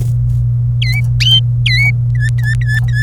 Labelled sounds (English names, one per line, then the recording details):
Domestic Canary song
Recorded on 27 April 2018 at 15:33
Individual llb3